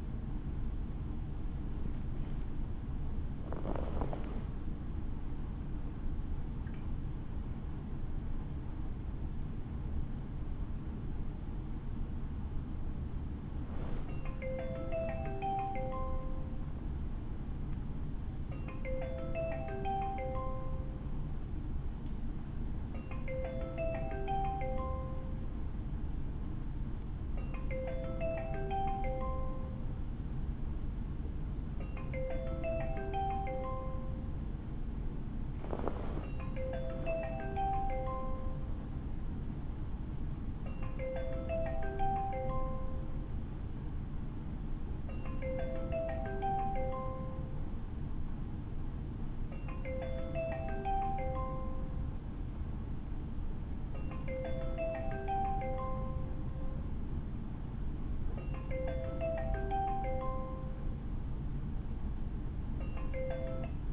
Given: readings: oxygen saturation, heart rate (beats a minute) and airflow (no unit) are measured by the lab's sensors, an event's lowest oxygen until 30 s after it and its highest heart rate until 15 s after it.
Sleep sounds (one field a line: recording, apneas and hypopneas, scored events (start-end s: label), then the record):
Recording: a person awake in a sleep study, by a smartphone at the bedside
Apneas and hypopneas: none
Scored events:
0.00-63.93 s: awake
From the record:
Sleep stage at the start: awake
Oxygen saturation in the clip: 94 to 96%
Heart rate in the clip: 67 to 76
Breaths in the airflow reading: 25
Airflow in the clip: -8.3 to 8.2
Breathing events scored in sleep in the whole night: 216 in 7.0 hours asleep